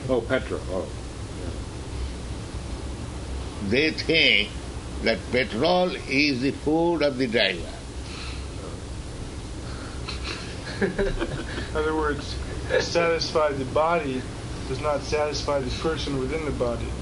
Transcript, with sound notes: Oh, petrol.
They think that petrol is the food of the driver. [laughter]
In other words, to satisfy the body does not satisfy the person within the body.